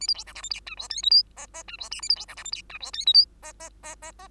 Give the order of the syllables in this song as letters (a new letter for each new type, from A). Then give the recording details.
A B C D E F G H I J K L M M H I N A B C D E F G H I J K L M M M M M. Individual Bird2